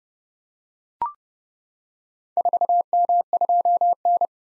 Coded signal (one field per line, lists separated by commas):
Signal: Morse code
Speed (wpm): 30 wpm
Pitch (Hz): 700 Hz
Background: none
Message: 4M2N